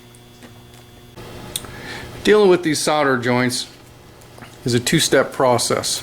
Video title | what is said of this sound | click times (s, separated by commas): How to rebuild a Denso internal fan | Pull the pin. You'll hear both brushes click down. | 0.2 s, 1.6 s